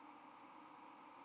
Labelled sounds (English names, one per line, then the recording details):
White-throated Sparrow flight call
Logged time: 04:00 on 31 October 2014